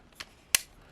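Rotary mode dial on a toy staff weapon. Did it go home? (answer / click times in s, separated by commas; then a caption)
yes / 0.5 s. A chrome mode dial with red paint on a plastic toy staff weapon, the Power Rangers Dino Thunder Brachio Staff, is rotated until it locks into a detent position. A small tick at 0.2 s comes before a sharp, bright click at 0.6 s as the dial locks into place, and a faint tick follows near the end. No one talks.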